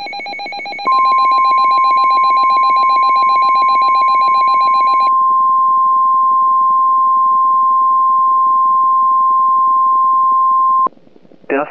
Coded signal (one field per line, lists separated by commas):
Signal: Emergency Alert System (SAME) tones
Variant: 1050 Hz attention tone